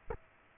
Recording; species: mosquito wingbeat signal from an infrared sensor; Aedes aegypti